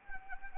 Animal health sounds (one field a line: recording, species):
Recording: mosquito wingbeat signal from an infrared sensor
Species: Anopheles arabiensis